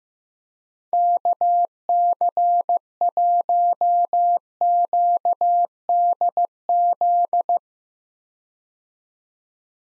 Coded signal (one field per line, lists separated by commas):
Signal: Morse code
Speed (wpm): 15 wpm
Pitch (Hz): 700 Hz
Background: none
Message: KC1QDZ